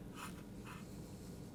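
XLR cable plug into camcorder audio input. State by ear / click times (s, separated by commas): not seated / none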